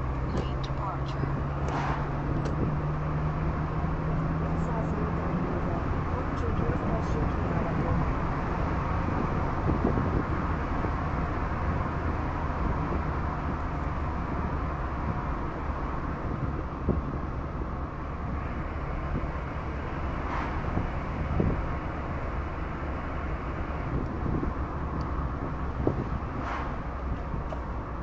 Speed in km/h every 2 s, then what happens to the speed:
56, 61, 68, 67, 70, 64, 58, 58, 57, 57, 60, 58, 57, 51.
0-4 speeds up to 68. 8-12 slows to 58. 12-23 steady at about 58. 23-28 slows to 51.